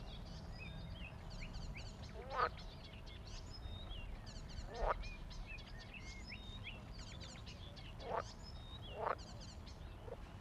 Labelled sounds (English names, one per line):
Edible Frog call